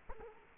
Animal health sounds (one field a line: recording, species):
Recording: mosquito wingbeat signal from an infrared sensor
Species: Culex quinquefasciatus